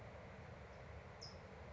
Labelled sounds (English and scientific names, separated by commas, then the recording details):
California Towhee (Melozone crissalis)
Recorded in Sonoma County, California